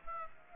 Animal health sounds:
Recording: mosquito wingbeat signal from an infrared sensor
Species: Aedes aegypti

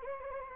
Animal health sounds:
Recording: mosquito wingbeat signal from an infrared sensor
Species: Anopheles gambiae

